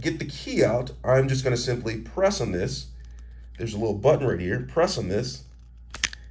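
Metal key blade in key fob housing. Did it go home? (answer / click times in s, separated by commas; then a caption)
released / 6.0 s. Someone talks while pressing the small release button on a GMC Terrain key fob. A sharp, crunchy click sounds at 6.0 s as the metal key blade releases and comes out of the plastic fob housing.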